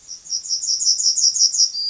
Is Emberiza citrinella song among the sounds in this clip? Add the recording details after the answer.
yes. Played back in grassland. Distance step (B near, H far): B. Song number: 041